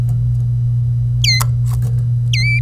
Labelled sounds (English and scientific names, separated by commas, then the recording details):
Domestic Canary (Serinus canaria) song
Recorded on 25 April 2018 at 09:37
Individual llb3